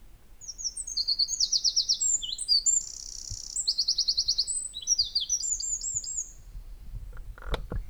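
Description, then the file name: Eurasian wren song, a long rapid high-pitched outpouring of trills and sharp twittering notes with a buzzy rattle in the middle. "Troglodytes troglodytes"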